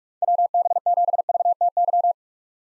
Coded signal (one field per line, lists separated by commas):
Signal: Morse code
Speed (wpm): 43 wpm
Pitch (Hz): 700 Hz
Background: none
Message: WB7VTY